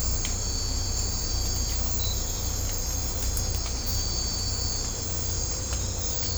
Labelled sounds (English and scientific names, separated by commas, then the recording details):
none
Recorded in secondary vegetation near Puerto Asís, Putumayo, Colombia, on 18 December 2024 at 03:30
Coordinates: 0.502, -76.326
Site G028